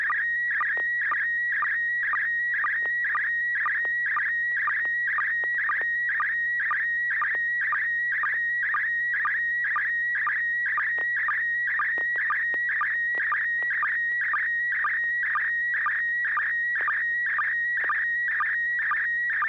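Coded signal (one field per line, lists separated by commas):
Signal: SSTV (slow-scan television)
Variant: PD120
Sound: steady high whine broken twice a second by warbling chirps and short low sync blips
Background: low mains hum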